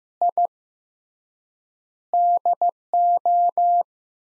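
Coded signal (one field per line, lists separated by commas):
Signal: Morse code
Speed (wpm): 16 wpm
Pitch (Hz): 700 Hz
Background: none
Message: I DO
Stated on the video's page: Morse practice of three-word sets at 15 wpm with 3x word spacing, a Farnsworth-like method applied to words, followed by spoken answers.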